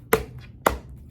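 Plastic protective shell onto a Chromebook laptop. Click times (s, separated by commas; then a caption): 0.1 s, 0.7 s. A plastic protective case is pushed onto a Chromebook laptop along the sides until its anchor points snap in. Two sharp clicks land at 0.1 s and 0.7 s, with a faint soft tick between them, and the case is seated.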